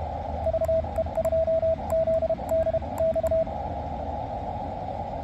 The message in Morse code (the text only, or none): VE2ZDX